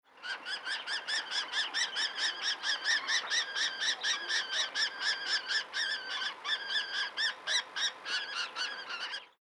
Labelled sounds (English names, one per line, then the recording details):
Common Kestrel
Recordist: Tembrock, Günter
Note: Rufe bei Begattung